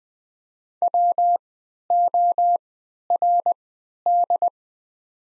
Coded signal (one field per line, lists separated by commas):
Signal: Morse code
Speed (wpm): 20 wpm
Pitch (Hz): 700 Hz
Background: none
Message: WORD